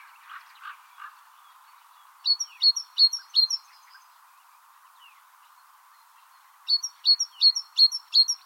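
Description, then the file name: Great tit singing: a few soft lower notes, then two bursts of ringing two-note phrases, four to six each, separated by a pause, with steady background hum. "Parus major"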